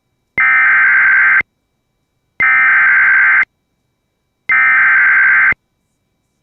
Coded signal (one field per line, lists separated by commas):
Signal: Emergency Alert System (SAME) tones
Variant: header bursts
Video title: Severe Thunderstorm Warning EAS#159